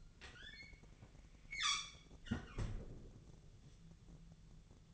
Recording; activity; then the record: daily activity, microphone in the room; close fridge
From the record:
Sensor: 4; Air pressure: 1000.9 hPa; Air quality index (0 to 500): 131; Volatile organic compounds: 2 ppm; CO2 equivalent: 980 ppm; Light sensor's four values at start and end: 27/64/27/29 and 30/73/30/33